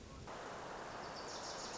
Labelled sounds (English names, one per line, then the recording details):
Wilson's Warbler
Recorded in Sonoma County, California